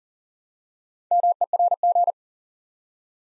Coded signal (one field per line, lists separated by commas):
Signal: Morse code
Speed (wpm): 40 wpm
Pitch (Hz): 700 Hz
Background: none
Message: MERG